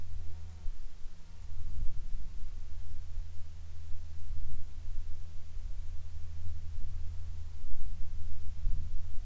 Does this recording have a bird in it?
no